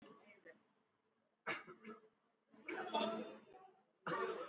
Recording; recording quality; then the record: shallow voluntary cough; moderate, slight background noise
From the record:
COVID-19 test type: RT-PCR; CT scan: not taken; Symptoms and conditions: cough, cold, fever, muscle pain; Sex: male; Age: 32 years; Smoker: yes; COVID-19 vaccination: both doses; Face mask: worn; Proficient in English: yes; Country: India